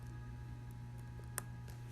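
A fingerprint reader flex connector is pressed back onto a phone board and snaps into place with a sharp click at 1.4 seconds. A steady low hum runs underneath, with a fainter tick near 1.7 seconds. The connector is seated.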